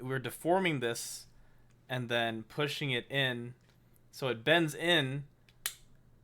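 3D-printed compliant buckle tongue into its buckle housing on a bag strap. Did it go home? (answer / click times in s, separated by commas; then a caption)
yes / 5.7 s. A 3D-printed plastic compliant buckle tongue is pushed into its buckle housing on a bag strap, its flexible arm bending in as someone talks over the action. At 5.7 s a sharp snap is heard as the arm springs back and the buckle locks in place, seated because the arm bends and relaxes back.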